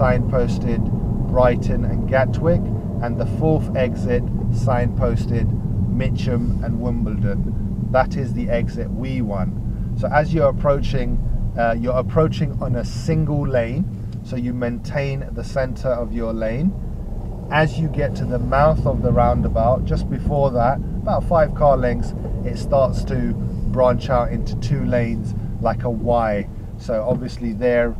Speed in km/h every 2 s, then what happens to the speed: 34, 31, 27, 23, 18, 16, 8, 8, 13, 16, 18, 19, 8, 6.
0-12 slows to 8. 12-21 speeds up to 19. 22-25 brakes to 6.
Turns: none.